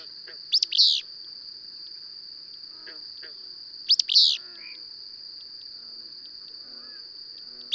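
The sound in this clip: Bird song: bursts of sharp chirps repeated roughly every three and a half seconds, with soft lower notes between, over a constant high whine.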